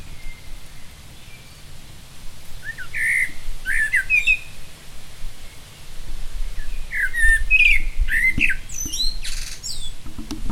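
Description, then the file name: Common blackbird singing two separate bursts of mellow, warbling notes, each followed by high squeaky twitters, against a steady low hum. "Turdus merula"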